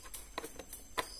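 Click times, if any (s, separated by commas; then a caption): 1.0 s. A large white multi-pin plastic wiring harness connector is pushed onto the speedometer instrument cluster board of a Kijang, part of fixing a speedometer that shows errors. A few faint plastic ticks and rustles come first, including a sharper tick at 0.4 s, then a crisp, loud latch click at 1.0 s as the connector seats.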